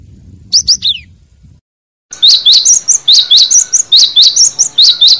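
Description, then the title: Lovebird chirping, a few sharp high notes, a brief silence, then a steady, rapid stream of shrill squeaky chirps. Lovebird call used as a lure for trapping birds. "PIKAT BURUNG LOVEBIRD"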